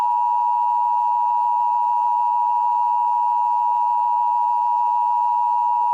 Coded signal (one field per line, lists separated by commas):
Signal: Emergency Alert System (SAME) tones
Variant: 853 and 960 Hz attention tone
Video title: EAS Scenario - Sudan Conflict